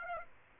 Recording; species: mosquito wingbeat signal from an infrared sensor; Aedes aegypti